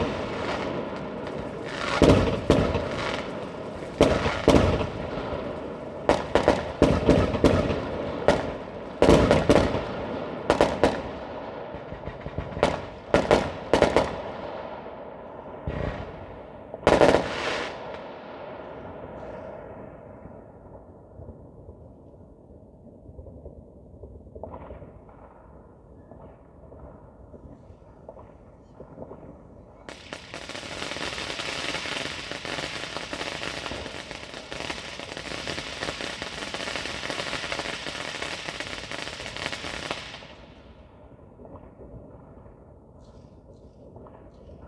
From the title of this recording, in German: Silvesternacht: Feuerwerk und Freude